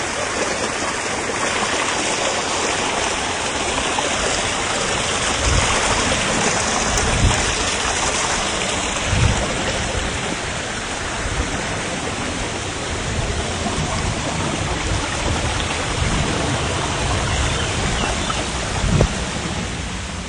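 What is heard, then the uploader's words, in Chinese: A mountain spring stream rushes steadily and densely, a constant full hiss of water with no pauses across the whole stretch. A few soft low bumps surface around seven, nine and nineteen seconds beneath the even flow. 3D录音 山涧泉水。前两天的下午跑到学校后面的岳麓山小路上录的。估计因为是傍晚了，没什么鸟叫。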